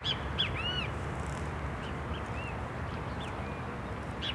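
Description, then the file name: Great kiskadee calling with short, bright arched notes, several early on and more scattered through the middle and end, over constant low background hum. Several birds recorded beside the lake in a city park in Brasília. "Passaros Bem-Te-Vi a Beira do Lago do Parque da Cidade de Brasilia"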